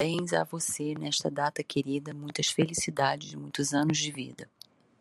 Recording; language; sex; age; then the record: short text; Brazilian Portuguese; female; 50 to 59 years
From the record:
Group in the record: control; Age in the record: 52 years